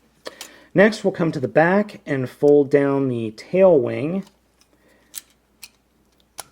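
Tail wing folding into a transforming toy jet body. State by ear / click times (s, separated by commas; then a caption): seated / 6.4 s. Someone talks for the first four seconds while handling a TFC Toys SR-71 Blackbird & X-47 Phantom Ray transforming toy jet, then the tail wing at the back is folded down into the jet body and pressed. A few small handling ticks at about 5.2 s and 5.6 s lead to a sharp plastic click at 6.4 s as the tail wing snaps into place.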